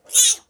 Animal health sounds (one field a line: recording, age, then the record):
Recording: pig call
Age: piglet (1 to 25 days)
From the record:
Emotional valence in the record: negative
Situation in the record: restrain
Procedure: back test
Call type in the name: high-frequency call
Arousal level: medium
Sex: female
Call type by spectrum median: high-frequency call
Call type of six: high-frequency stable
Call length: 0.50 s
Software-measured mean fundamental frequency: 182 Hz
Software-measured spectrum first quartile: 5569 Hz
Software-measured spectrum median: 6922 Hz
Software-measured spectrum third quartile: 8807 Hz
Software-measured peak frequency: 6985 Hz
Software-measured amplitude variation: 218 dB a second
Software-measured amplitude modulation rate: 5.0 a second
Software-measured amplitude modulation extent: 43.2 dB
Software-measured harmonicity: 5.1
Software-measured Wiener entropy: -2.04